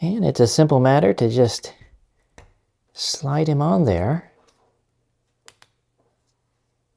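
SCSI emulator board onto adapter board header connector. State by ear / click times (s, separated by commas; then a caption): seated / 5.5 s, 5.6 s. Someone talks as a BlueSCSI v1 board is slid onto the pin header connector of a SCSI Rider adapter board and pressed home. Two sharp clicks follow at 5.5 s and 5.6 s, and the board snaps on, seated on the adapter.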